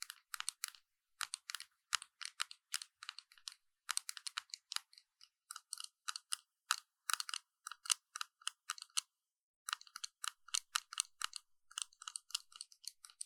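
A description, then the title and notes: Crisp makeup tapping: quick clicky taps come in rapid bursts and short runs with brief pauses between them. Each tap is bright and dry with almost no low end, and the silence between taps is clean, with no background sound. ASMR 美妝用品敲擊聲 | Makeup Tapping | NO Talking.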